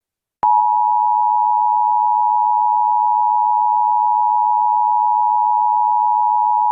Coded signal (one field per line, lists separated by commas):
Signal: Emergency Alert System (SAME) tones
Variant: 853 and 960 Hz attention tone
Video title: EAS Scenario - The Anger Virus